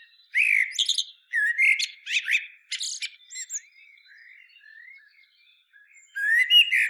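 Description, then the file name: Common blackbird with short fluty notes and sharp high squeaky twitters in quick bursts, a quieter stretch, then another loud warbled phrase at the end. "Turdus merula"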